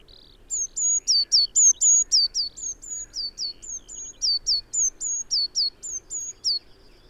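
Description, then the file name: Eurasian blue tit calling with very high, thin notes, each a short whistle that drops into a hooked tail, repeated about four times a second for six seconds. "Cyanistes caeruleus"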